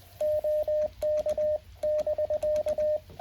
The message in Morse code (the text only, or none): OK<BK>